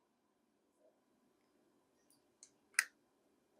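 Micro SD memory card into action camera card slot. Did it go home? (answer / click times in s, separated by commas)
yes / 2.8 s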